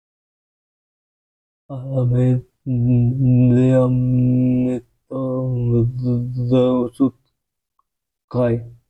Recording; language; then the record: elicited speech; Bengali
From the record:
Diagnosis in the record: Broca's or global aphasia after a stroke